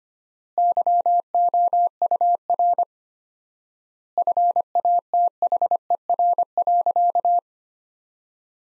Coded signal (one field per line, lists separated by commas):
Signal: Morse code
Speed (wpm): 25 wpm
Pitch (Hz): 700 Hz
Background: none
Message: YOUR FATHER.